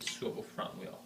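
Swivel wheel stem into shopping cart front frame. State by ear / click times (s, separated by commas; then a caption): not seated / none. A front swivel wheel stem is being handled at the front frame socket of a shopping cart, which has an internal locking mechanism. Someone talks throughout, and the wheel has not seated or clicked into place yet.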